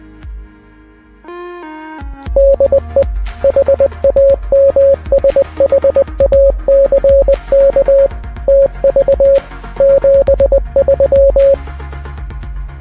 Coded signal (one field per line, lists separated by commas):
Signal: Morse code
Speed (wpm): 20 wpm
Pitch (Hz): 550 Hz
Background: music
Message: DE HAMSHACK TV 73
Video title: Hamvention Chat and FT8 LIVE!